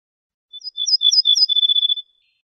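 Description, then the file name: Ortolan bunting song: a rapid series of high chirped notes over a steady ringing tone, about one and a half seconds long. "suara kicauan ortolan"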